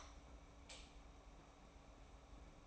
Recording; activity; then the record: daily activity, microphone in the room; light on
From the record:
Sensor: 1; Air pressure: 991.1 hPa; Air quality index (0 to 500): 107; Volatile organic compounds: 91 ppm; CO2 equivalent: 3691 ppm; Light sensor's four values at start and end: 22/51/22/23 and 26/65/27/29